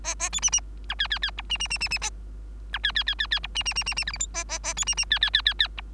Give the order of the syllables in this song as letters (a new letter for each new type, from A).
A A B C C D E E E F C C C C C A D E E E E E F C C C C C G H I A A A B C C E E E E E F